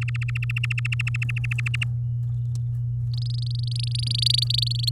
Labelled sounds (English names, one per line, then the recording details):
Domestic Canary song
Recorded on 10 May 2018 at 05:30
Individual llb16